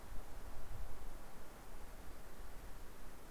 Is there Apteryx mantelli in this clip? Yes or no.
no